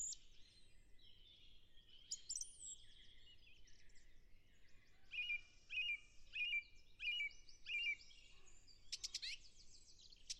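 Song thrush song: a mix of twittering phrases, then one short clear note repeated five times about every half second, ending in a sharp buzzy burst.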